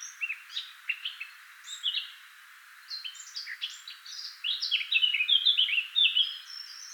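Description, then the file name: Eurasian blackcap song: a quick scratchy warble of high chirps that ends in louder, clearer whistled phrases near the close. "Sylvia atricapilla"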